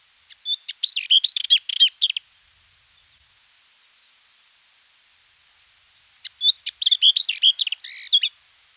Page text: Steppe Lesser Whitethroat Song. Quick Sounds